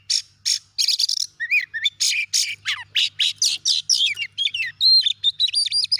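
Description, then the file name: Oriental magpie-robin giving quick buzzy bursts, then curling whistles and a closing series of repeated thin whistled notes, with a light low hum behind. "Suara Kacer"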